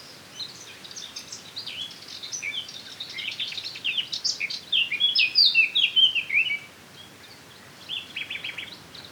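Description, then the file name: Eurasian blackcap warbling, starting soft and scratchy, then building to louder notes before stopping; a brief burst of notes follows after a pause. "Sylvia atricapilla"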